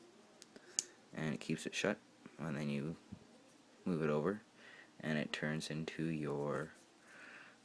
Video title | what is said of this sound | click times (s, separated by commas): Spyderco Sage 2 | snaps into place with the blade still, | 0.8 s